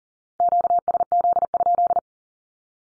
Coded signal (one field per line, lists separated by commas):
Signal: Morse code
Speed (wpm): 42 wpm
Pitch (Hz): 700 Hz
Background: none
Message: QSZ?